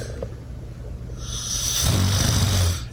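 An adult man snoring in his sleep during a trip to the Outer Banks, with a whistle-like tone on the exhale. He has long snored, made worse by an old nose injury from Brazilian jiu-jitsu.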